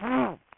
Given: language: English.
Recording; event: throat vibration sensor signal played as sound; throat clearing